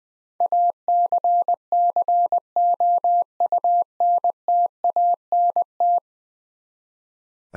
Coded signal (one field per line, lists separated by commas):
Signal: Morse code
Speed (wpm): 20 wpm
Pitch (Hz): 700 Hz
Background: none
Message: ACCOUNTANT